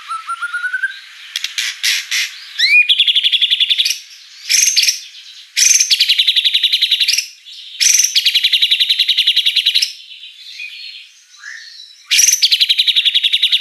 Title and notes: Pancingan Gacor Murai Batu Bongkar Isian Mewah. Murai Batu Dongfeng